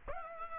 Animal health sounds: mosquito wingbeat signal from an infrared sensor; Aedes aegypti

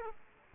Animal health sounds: mosquito wingbeat signal from an infrared sensor; Aedes aegypti

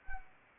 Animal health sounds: mosquito wingbeat signal from an infrared sensor; Anopheles arabiensis

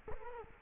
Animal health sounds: mosquito wingbeat signal from an infrared sensor; Culex quinquefasciatus

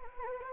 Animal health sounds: mosquito wingbeat signal from an infrared sensor; Anopheles gambiae

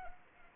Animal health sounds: mosquito wingbeat signal from an infrared sensor; Anopheles arabiensis

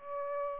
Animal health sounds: mosquito wingbeat signal from an infrared sensor; Aedes aegypti

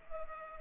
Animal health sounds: mosquito wingbeat signal from an infrared sensor; Culex pipiens

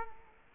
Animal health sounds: mosquito wingbeat signal from an infrared sensor; Culex quinquefasciatus

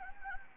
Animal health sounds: mosquito wingbeat signal from an infrared sensor; Anopheles gambiae

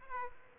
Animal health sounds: mosquito wingbeat signal from an infrared sensor; Aedes aegypti

